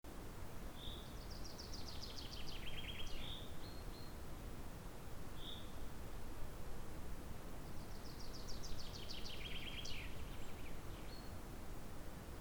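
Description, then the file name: Common chaffinch singing twice, each phrase a quick falling trill closing with a sharp flourish, with a few short call notes between them and steady low-pitched noise throughout. "Fringilla coelebs"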